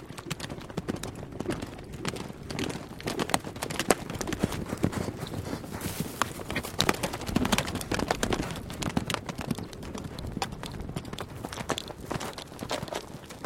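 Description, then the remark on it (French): Horse hooves clip-clop in a quick, steady rhythm for the whole stretch, each sharp knock blending into a dense, continuous patter with no voices present. “Passer plusieurs jours à cheval, on s'imprègne complètement de l'odeur du cheval, et puis un cheval qui galope sue.”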